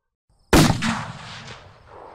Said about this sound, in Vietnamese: Chúng tôi đứng trò chuyện thêm được tầm 15 phút thì một tiếng nổ lớn vang lên. Mặc dù đứng rất xa vị trí vụ nổ, nhưng chấn động khiến cho mặt đất rung chuyển làm bọn tôi cảm nhận được một cách vô cùng rõ ràng.